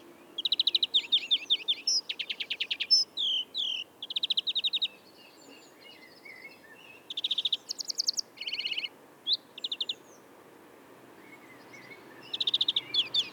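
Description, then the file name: European greenfinch song with varied twittering trills and a buzzy wheezing note, delivered in bursts separated by short quiet gaps. "Chloris chloris"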